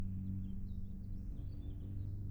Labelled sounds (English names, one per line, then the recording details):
House Finch song
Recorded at Valley Stream on Long Island, New York, on 17 June 1975
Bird A